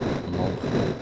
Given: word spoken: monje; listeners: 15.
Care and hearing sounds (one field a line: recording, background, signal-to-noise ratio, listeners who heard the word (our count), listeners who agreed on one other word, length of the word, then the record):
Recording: one Spanish word in noise, from a listening test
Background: noise modulated by three-talker babble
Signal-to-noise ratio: -4.8 dB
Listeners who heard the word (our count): 2 of 15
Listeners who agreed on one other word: 9 of 15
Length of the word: 0.62 s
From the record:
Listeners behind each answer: 9, 2, 1, 1, 1, 1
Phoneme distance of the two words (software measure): 10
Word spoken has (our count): 2 syllables, 5 phonemes, stress on syllable 1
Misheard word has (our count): 2 syllables, 5 phonemes, stress on syllable 1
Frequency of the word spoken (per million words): 5.86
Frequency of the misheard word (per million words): 7.68